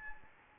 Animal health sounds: mosquito wingbeat signal from an infrared sensor; Anopheles gambiae

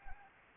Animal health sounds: mosquito wingbeat signal from an infrared sensor; Anopheles arabiensis

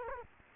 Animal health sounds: mosquito wingbeat signal from an infrared sensor; Culex quinquefasciatus

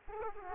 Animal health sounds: mosquito wingbeat signal from an infrared sensor; Aedes aegypti

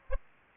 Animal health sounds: mosquito wingbeat signal from an infrared sensor; Aedes aegypti

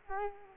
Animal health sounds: mosquito wingbeat signal from an infrared sensor; Culex quinquefasciatus

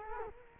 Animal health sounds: mosquito wingbeat signal from an infrared sensor; Culex quinquefasciatus

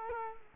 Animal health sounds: mosquito wingbeat signal from an infrared sensor; Culex quinquefasciatus

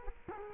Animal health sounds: mosquito wingbeat signal from an infrared sensor; Culex quinquefasciatus

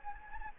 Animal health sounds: mosquito wingbeat signal from an infrared sensor; Anopheles gambiae

